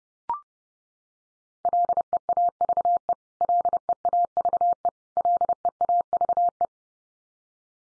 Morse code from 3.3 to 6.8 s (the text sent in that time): LEAVE LEAVE